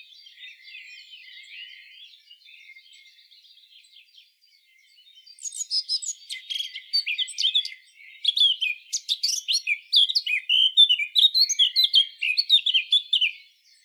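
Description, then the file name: Eurasian blackcap song beginning as a soft, quiet warble, then breaking into loud, fast, varied warbling that runs on for several seconds. "Sylvia atricapilla"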